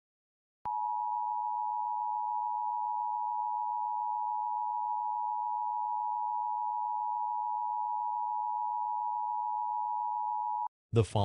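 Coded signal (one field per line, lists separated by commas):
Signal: Emergency Alert System (SAME) tones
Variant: 853 and 960 Hz attention tone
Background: speech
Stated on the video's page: Fictional EAS scenario, a Sonic.EXE horror Halloween special.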